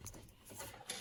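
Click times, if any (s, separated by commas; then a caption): none. A plastic wiring connector is pushed back onto a headlight bulb on a GMC Acadia, Saturn Outlook or similar GM vehicle. Only soft handling and rustling noise is heard, with brief bumps near 0.1 and 0.9 seconds. The connector has not yet clicked or seated when the clip ends.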